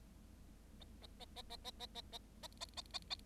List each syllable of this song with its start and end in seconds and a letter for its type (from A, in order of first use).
0.80-0.84 A, 1.01-1.06 A, 1.19-1.25 A, 1.35-1.42 A, 1.49-1.56 A, 1.64-1.71 A, 1.79-1.86 A, 1.94-2.01 A, 2.12-2.18 A, 2.42-2.48 A, 2.60-2.65 A, 2.76-2.81 A, 2.93-2.98 A, 3.10-3.15 A